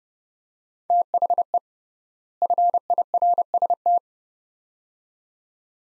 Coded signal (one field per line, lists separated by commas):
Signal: Morse code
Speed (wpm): 30 wpm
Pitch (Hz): 700 Hz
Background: none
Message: THE FIRST